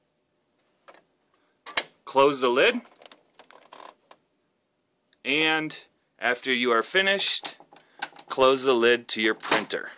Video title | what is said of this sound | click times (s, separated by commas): How to change the Epson Stylus Photo RX595 ink cartridges by 247inktoner.com | securely pushing into place until you hear the click. | 1.7 s, 1.8 s